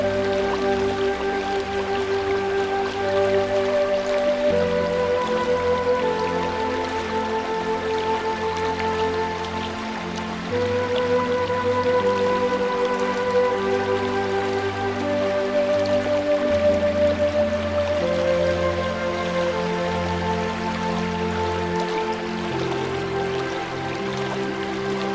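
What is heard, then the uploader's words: A river flows steadily with a soft, continuous trickle and patter of water across the whole clip. Over it, gentle music plays sustained tones and slow, clear melodic notes in the middle range, with a low, shifting bass underneath. Loudness stays even throughout. Flowing River Sounds & Relaxing Music In An Exquisite Forest. The gentle symphony of a flowing river perfectly blends with relaxing music and soothing melodies.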